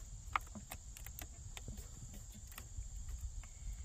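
Loose plastic blade fuses, not installed all the way, are pushed fully into the fuse box of a Ram pickup truck. A sharp click at 0.4 s marks a fuse seating home, and fainter sharp clicks follow at about 0.7, 1.2 and 1.6 s over a steady low hum.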